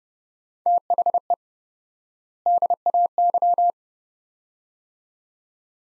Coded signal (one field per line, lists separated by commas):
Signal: Morse code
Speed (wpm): 30 wpm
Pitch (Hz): 700 Hz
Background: none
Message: THE DAY